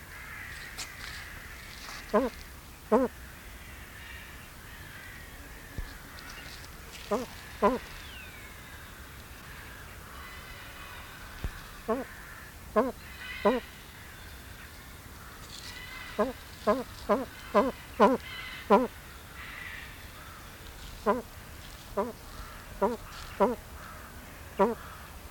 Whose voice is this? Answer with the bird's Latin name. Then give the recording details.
Crossoptilon auritum. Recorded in captivity. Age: adult. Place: Tierpark Berlin, Berlin, DE. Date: 1993-12-18 11:38. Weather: bedeckt, 2°C. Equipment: Marantz CP 430, Sennheiser MKH 416 T, Kopie Uher Variocord 263. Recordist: Tembrock, Günter